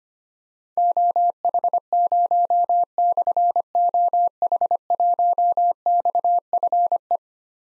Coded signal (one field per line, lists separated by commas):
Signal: Morse code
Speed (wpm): 25 wpm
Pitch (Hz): 700 Hz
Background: none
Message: OH0/OH1XFE